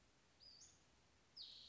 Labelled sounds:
Western Flycatcher (Empidonax difficilis)

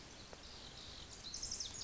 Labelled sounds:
Pacific Wren (Troglodytes pacificus)

